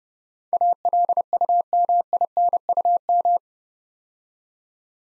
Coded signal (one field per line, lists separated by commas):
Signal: Morse code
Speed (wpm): 30 wpm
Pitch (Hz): 700 Hz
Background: none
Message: ALUMINUM